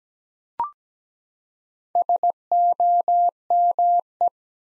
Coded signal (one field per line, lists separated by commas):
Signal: Morse code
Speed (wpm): 17 wpm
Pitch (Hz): 700 Hz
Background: none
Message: SOME